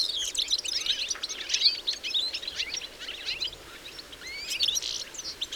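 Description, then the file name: European goldfinch calls, a chatter of high chirps and short trills that is busy at first, thins out midway, then picks up again. "Carduelis carduelis"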